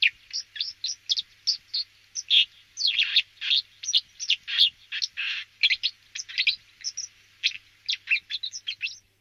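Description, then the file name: White-throated dipper song, a continuous rapid stream of high scratchy, buzzy and whistled notes mixed with sharp clicks. "Canto do melro dagua"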